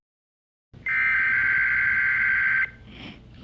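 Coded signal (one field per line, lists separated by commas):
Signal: Emergency Alert System (SAME) tones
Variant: header bursts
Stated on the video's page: Fake EAS hack, not a real alert.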